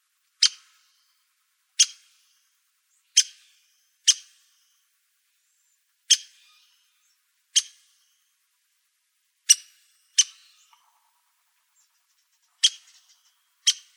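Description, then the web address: Ladder-backed woodpecker repeating short, sharp pik notes at uneven intervals of under one to about two and a half seconds, around ten calls over a quiet background. "Woodpeckers LBWO"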